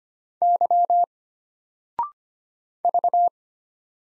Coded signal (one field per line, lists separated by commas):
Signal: Morse code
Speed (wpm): 25 wpm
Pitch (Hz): 700 Hz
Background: none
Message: Y V